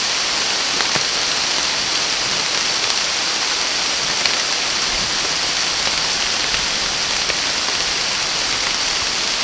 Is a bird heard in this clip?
no